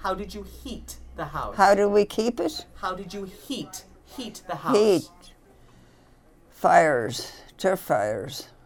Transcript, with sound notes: How did you heat the house?
How do we keep it?
How did you heat, heat the house? (an intercom can be heard in the background)
Heat. Fires, turf fires.